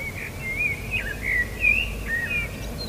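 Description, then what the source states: Common blackbird giving a flowing warble of rich, rising and falling whistled notes over low background noise. Recorded 21 March 2013.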